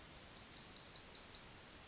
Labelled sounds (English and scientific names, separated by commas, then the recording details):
Yellowhammer (Emberiza citrinella) song
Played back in forest
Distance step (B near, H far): E
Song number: 054